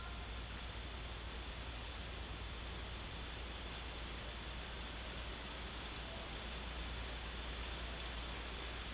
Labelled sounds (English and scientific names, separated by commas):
none